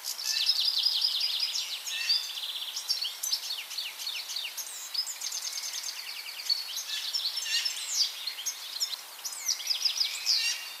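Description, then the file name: European goldfinch singing a dense, continuous twitter of quick tinkling notes mixed with short buzzy trills, almost without pause throughout. "Carduelis carduelis"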